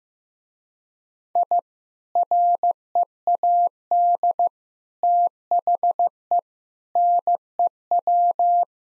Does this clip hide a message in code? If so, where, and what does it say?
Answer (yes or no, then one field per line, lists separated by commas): yes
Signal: Morse code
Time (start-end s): 1.4-8.6 s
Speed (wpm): 16 wpm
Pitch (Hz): 700 Hz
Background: none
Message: I READ THE NEW